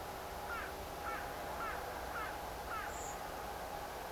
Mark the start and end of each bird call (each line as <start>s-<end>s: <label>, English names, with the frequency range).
0.47s-0.68s: Carrion Crow (1.0-3.1 kHz)
1.05s-1.20s: Carrion Crow (1.0-3.0 kHz)
1.59s-1.75s: Carrion Crow (1.0-3.1 kHz)
2.15s-2.31s: Carrion Crow (1.0-3.5 kHz)
2.69s-2.88s: Carrion Crow (1.0-3.0 kHz)
2.88s-3.17s: Common Blackbird (6.5-8.5 kHz)